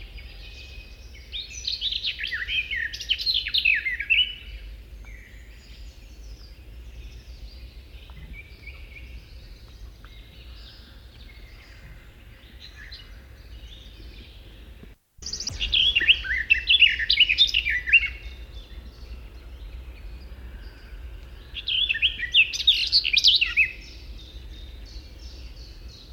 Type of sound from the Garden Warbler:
song